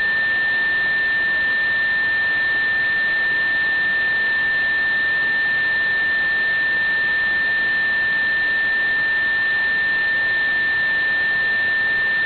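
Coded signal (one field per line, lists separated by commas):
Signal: JT65, JT9 or WSPR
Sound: a single steady pure tone held for the whole clip over hiss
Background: radio static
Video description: Currently VK4ADC's transmissions consist of one WSPR cycle, an odd and even FT8 ID and a CW ID sequentially. My receiver was slightly off frequency during this recording so I was unable to decode the WSPR.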